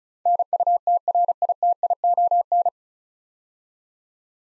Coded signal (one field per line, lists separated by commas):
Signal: Morse code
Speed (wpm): 36 wpm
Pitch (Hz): 700 Hz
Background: none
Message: NUTRITION